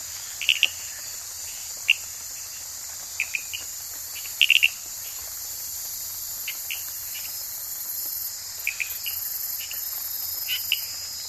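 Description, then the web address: Sarayacu tree frog producing scattered short chirps, sometimes doubled, beneath a continuous high-pitched insect chorus. Recorded in the Ecuadorian Amazon. "Natures Songs. Frogs of Ecuadorian Amazon Hyla sarayacuensis"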